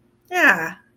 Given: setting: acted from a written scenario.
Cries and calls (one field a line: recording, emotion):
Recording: vocal sound without words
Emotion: pride